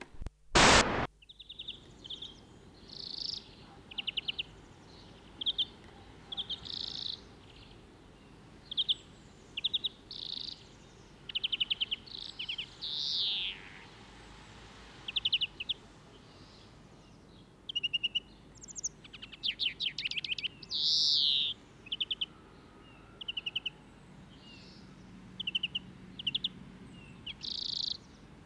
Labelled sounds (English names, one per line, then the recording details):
European Greenfinch song
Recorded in the wild
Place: Kaiserslautern, Rheinland-Pfalz, DE
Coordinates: 49.4115, 7.7575
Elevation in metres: 399
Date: 1976-03-26
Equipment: Nagra IV, Sennheiser MKH 405, Parabolreflektor
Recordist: Tretzel, Erwin